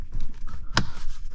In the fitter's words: snap into place okay next up and